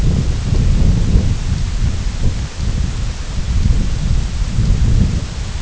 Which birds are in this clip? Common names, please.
none